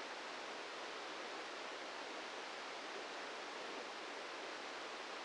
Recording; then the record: brain microelectrode recording played as sound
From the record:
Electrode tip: outside the subthalamic nucleus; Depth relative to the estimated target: 0 mm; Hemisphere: left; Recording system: NeuroSet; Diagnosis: Parkinson's disease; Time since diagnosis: 8 years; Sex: male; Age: 58 years